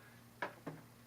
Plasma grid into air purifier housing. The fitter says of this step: and if you laay it out its back it's much easier but this one slides in here and snaps in place as you can see it snapped in place